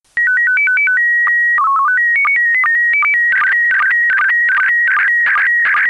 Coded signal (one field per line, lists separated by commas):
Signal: SSTV (slow-scan television)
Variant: PD 50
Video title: SSTV voorbeeld 4